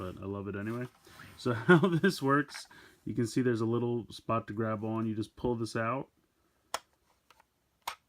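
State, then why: Seated. Someone talks while handling a plastic hinged panel on a transforming toy base, pulling it out by a small grab spot. The panel seats with soft little clicks at 6.7 s and 7.9 s, then is folded down.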